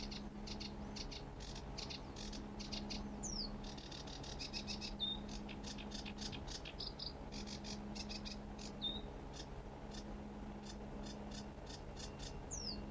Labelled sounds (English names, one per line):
Sedge Warbler song